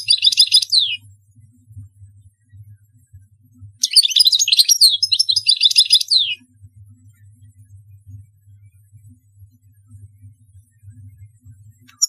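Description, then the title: European goldfinch song in bursts of fast twittering, separated by long quiet stretches with a low hum. "Chant Chardonneret"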